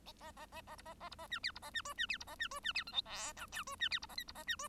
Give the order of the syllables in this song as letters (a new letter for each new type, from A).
A A A A B A A B A C D B A C E C D B A C E C D F G H I J E C D B A K B A C E